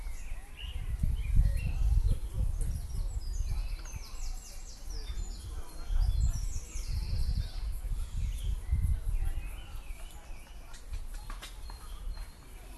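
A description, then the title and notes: Feeding squirrels in a park, recorded outdoors with a heavy low rumble, strongest around 1–2 and 6–9 seconds, like wind or handling on the microphone. Brief bright chirps and twitters scatter through the upper range, and a faint murmur of voices sits underneath. Feeding squirrels in the park. St Ann's Well, Hove.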